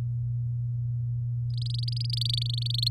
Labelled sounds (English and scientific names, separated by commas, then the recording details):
Domestic Canary (Serinus canaria) song
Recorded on 8 May 2018 at 06:04
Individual llb16